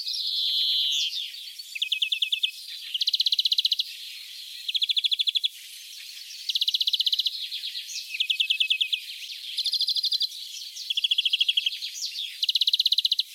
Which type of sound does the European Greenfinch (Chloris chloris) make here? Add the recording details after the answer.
song. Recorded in the wild. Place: Kaiserstuhl, Baden-Württemberg, DE. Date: 1981-05-16. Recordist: Schwarz, Dieter